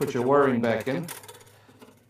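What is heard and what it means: Someone talks while refitting the wiring connectors onto the terminals of a Gaggia aluminum espresso machine boiler during its cleaning and rebuild. Speech fills the first second, followed by quiet handling and rubbing sounds as the connectors are brought to the terminals. Nothing has clicked into place or seated yet.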